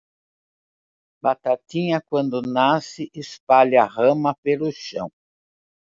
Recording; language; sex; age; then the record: short text; Brazilian Portuguese; female; 70 to 79 years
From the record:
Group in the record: control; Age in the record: 70 years